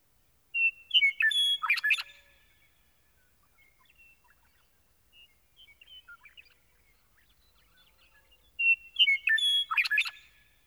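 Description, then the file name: Meadowlark song repeated twice, roughly eight seconds apart, each a whistled start and tumbling liquid flourish, with soft chirps and faint notes in the gap. "Gordon Hempton - Meadowlark"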